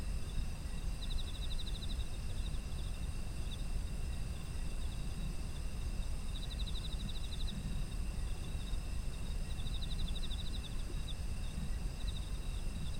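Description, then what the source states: Insects calling: a few short bursts of rapid pulsed chirps come and go against a steady shrill insect hum and a deep, continuous low rumble. Ambient sound of autumn insects.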